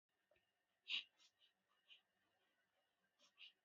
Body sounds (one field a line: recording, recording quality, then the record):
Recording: shallow breathing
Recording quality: excellent, no background noise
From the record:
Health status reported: healthy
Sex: male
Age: 24 years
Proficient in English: yes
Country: India